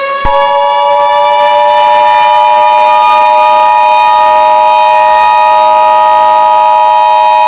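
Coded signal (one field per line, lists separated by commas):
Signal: Emergency Alert System (SAME) tones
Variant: 853 and 960 Hz attention tone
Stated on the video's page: Fictional EAS scenario with simulated SAME alert tones.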